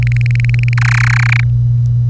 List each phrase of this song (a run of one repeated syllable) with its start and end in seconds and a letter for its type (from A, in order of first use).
0.02-0.73 A, 0.78-1.44 B